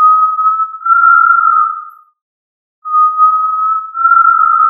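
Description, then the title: Tinamou call of two long, clear whistles, each held about two seconds and edging slightly upward, separated by a brief pause. "Familia Tinamidae - Quail - Puyuh"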